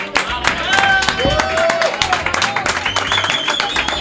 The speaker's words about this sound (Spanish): Un aplauso para ellos. ¡Gracias a vosotros, chicos!